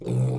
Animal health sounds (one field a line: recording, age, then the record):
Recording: pig call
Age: weaner (32 to 43 days)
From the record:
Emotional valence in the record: negative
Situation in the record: short isolation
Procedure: open field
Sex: female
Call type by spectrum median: low-frequency call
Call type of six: low-frequency stable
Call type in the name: low-frequency stable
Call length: 0.39 s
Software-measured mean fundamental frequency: 62 Hz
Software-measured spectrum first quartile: 128 Hz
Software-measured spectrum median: 179 Hz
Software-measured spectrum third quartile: 426 Hz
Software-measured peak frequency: 179 Hz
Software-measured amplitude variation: 86 dB a second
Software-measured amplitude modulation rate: 30.5 a second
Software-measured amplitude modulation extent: 2.8 dB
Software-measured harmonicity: 1.6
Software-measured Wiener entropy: -0.85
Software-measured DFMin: 2177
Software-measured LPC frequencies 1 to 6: 2391, 3633, 4340, 6484, 7755, 9035 Hz